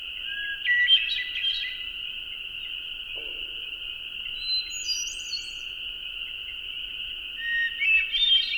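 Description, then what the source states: Hermit thrush giving several ethereal fluty phrases, one soaring high, separated by pauses, over a steady droning hum. Recorded at dusk; song given along with calls.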